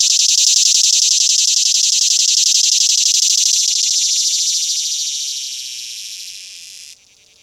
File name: swamp cicada